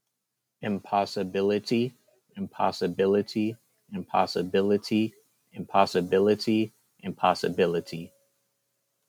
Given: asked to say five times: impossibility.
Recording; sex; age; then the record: repeated word; male; 20 to 29 years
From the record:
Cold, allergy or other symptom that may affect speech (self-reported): no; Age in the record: 24 years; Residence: Texas, United States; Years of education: 14